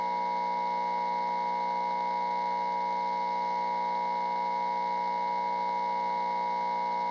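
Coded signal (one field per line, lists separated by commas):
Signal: Emergency Alert System (SAME) tones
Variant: 853 and 960 Hz attention tone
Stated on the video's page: Captured real statewide child abduction emergency alert for Wisconsin.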